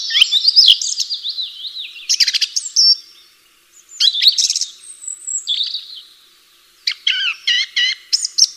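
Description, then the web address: Bird song of quick high chirps, whistled slurs and buzzy trills in bursts separated by short silences, ending in a run of repeated sharp notes. "atelierson sons birds"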